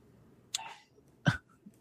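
Two short, sharp bursts about three-quarters of a second apart, muffled and distant over a quiet background: a man sneezing twice in another room. Ordinary sneezes.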